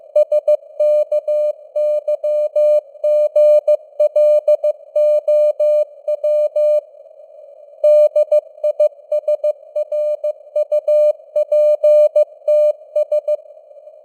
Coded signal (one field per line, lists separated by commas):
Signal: Morse code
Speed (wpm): 15 wpm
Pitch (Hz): 600 Hz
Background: none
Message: SKYGLOW DISRUPTS